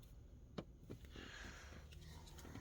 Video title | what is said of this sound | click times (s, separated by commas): How To Replace Interior Lights To LED. 2023-2025 Mitsubishi Outlander Sport. | So you want to put one in this way. And then, you see, it locks into place. | 0.6 s